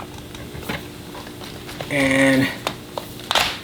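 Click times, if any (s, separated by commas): 3.3 s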